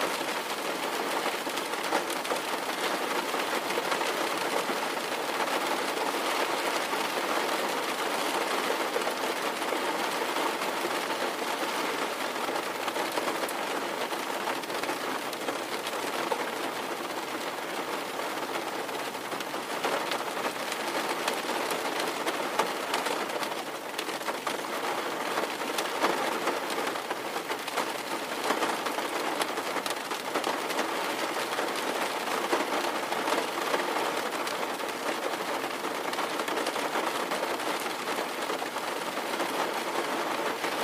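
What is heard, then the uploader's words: Steady rain falls in a dense, even hiss that fills the mids and highs without letup for the whole stretch. Faint fine patter flickers through it, and the level barely shifts from start to finish, with little low rumble underneath. Steady Rain White Noise.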